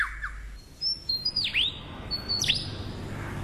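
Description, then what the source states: Lyrebird song: a few short high chirps, then high whistled notes with two sharp downward-sweeping whistles. Male lyrebird in forest; song mostly mimicry, used as showmanship to attract females and outsing rivals; imitates calls of at least 20 species.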